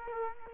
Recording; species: mosquito wingbeat signal from an infrared sensor; Culex quinquefasciatus